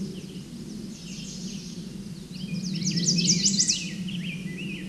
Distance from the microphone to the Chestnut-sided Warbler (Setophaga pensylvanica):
about 10 m